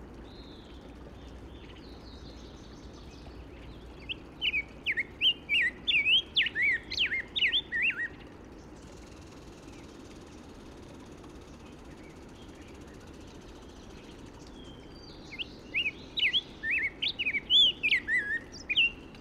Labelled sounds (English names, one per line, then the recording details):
Black-headed Grosbeak song
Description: Black-headed Grosbeak song recorded in the Alluvial Fan area of Rocky Mountain National Park
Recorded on 31 May 2017